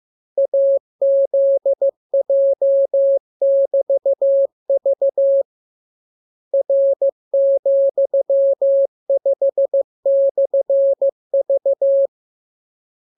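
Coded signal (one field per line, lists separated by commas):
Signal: Morse code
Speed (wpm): 15 wpm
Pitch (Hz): 550 Hz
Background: none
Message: AZJ<BT>V R,5/V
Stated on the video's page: Morse lesson 25 with the letters listed. Each radiogram starts with VVV and a section sign and ends with AR.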